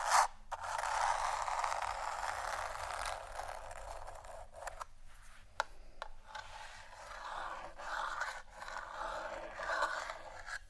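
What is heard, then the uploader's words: Dry scratching runs almost continuously, thick and bright through the first seconds, then thinner with brief pauses and a few sharp taps near five and six seconds. ASMR Scratch & Tap For Your Nap（No Talking）.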